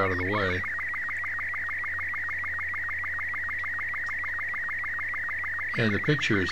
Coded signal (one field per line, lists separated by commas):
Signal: SSTV (slow-scan television)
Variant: Robot 36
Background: speech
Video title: 00 SSTV Intro Demo showing Image Transmission